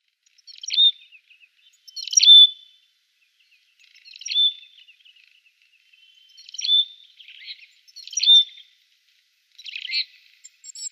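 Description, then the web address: Siberian tit song: several brief, high slurred phrases repeated every couple of seconds. "Schulze Peter Siberian Tit song"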